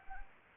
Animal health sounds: mosquito wingbeat signal from an infrared sensor; Anopheles arabiensis

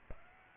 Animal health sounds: mosquito wingbeat signal from an infrared sensor; Aedes aegypti

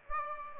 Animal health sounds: mosquito wingbeat signal from an infrared sensor; Aedes aegypti

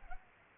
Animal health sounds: mosquito wingbeat signal from an infrared sensor; Culex pipiens

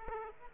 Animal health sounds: mosquito wingbeat signal from an infrared sensor; Aedes aegypti

